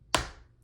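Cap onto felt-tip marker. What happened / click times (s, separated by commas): The marker cap snapped shut / 0.2 s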